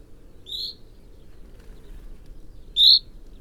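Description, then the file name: Common chaffinch giving two short high notes, a softer one early and a loud sharp one near the end, over low background noise. "Fringilla coelebs"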